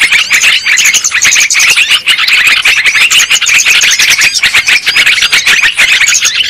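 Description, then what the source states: Lovebirds chattering: a dense, continuous stream of shrill, high-pitched squeaks and chirps overlapping throughout, with no pauses. Lure sound for trapping lovebirds.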